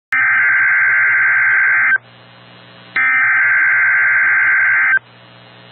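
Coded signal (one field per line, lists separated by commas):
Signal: Emergency Alert System (SAME) tones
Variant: header bursts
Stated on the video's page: EAS tones for a severe thunderstorm watch.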